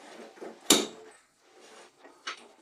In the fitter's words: Depois a gaveta encaixa no lugar.